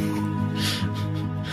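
A low, rattling buzz runs throughout, with a brief snorting rush of breath in the middle: a playful, deliberately imitated snore from an adult man rather than genuine sleep breathing.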